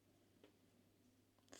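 One metal part of a snap fastener set is pressed by hand into its mating part as a test fit, over a steady low hum with a faint tick near 0.4 s. A sharp click at 1.5 s marks the halves snapping together, and the piece seats and fits the set.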